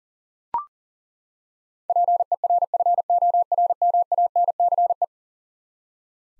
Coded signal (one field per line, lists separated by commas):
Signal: Morse code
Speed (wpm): 38 wpm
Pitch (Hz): 700 Hz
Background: none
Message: PERFORMANCE